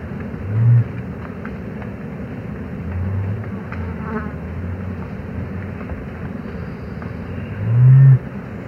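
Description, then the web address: Great Curassow low booming hums, a short boom early, a softer drawn-out hum midway, and a strong boom near the end, with constant low background rumble. Recorded in South America. "Natures Songs S America Great Curassow"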